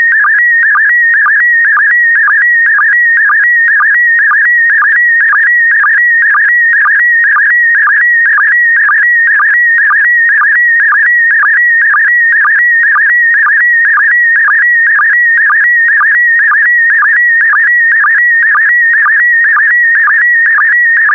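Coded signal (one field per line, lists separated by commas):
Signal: SSTV (slow-scan television)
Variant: PD120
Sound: steady warbling whistle near 2 kHz with a rhythmic low blip about twice a second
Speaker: Five, four, three, two, one. Transmission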